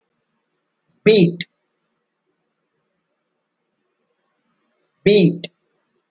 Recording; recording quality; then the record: sustained vowel as in beet; excellent, no background noise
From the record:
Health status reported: healthy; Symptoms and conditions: diabetes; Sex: male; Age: 58 years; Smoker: not ticked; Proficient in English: yes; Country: India